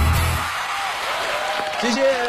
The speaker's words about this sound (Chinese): 谢谢大家，这雷鸣般的或者是稀疏的掌声啊，也谢谢你们在这个四面八方，在这个城市的各个的角落，然后呢在心里面为我们鼓的掌啊